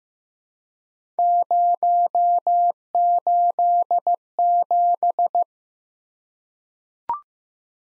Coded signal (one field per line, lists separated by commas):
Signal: Morse code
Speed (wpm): 15 wpm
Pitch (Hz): 700 Hz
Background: none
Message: 087